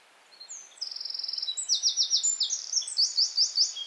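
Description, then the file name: Eurasian wren song, a vigorous high-pitched outpouring of fast trills and rattling note groups, loudening across about three and a half seconds. "Troglodytes troglodytes"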